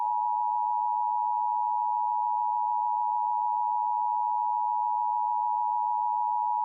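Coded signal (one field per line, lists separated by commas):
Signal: Emergency Alert System (SAME) tones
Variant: 853 and 960 Hz attention tone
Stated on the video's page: Fictional zombie scenario SAME alert, with sirens.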